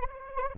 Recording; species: mosquito wingbeat signal from an infrared sensor; Anopheles arabiensis